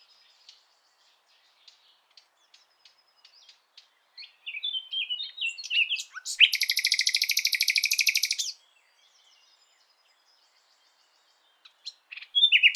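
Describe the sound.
Common nightingale singing quiet, scattered twittering notes, then a loud, dense buzzy rattle lasting about two seconds, followed by silence and a new phrase starting.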